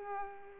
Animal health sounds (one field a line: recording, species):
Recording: mosquito wingbeat signal from an infrared sensor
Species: Culex pipiens